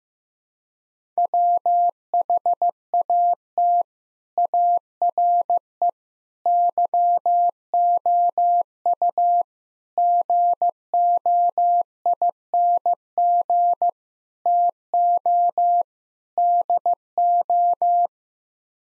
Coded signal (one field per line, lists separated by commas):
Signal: Morse code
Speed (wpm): 15 wpm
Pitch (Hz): 700 Hz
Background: none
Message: WHAT ARE YOU GOING TO DO